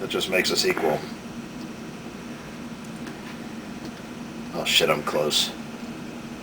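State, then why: Not seated. During engine assembly, a small retaining clip is worked into its groove in the piston pin bore of a full-floating piston while someone talks. Handling sounds come through over a steady background hum, with a louder burst near 4.7 to 5.4 seconds. The clip has not seated or clicked into place yet.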